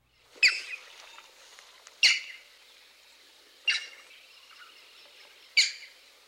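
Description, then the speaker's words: Green Heron calls: loud skiao notes given singly about every one and a half to two seconds, four in all. Green-backed heron; typical call a loud skiao, commonly given in flight. "The green-backed heron's typical call is a loud skiao."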